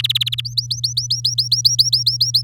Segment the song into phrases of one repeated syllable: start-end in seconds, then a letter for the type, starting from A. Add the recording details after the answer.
0.00-0.41 A, 0.45-2.42 B. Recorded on 9 May 2018 at 05:41. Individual llb16